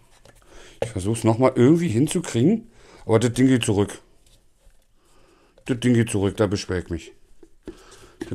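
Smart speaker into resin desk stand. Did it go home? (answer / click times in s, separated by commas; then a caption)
no / none. A man talks while refitting a round Echo Dot 4 smart speaker into a resin skull-shaped desk stand, with a few faint handling knocks between phrases. The speaker still does not sit properly in the stand, and nothing has seated or clicked yet.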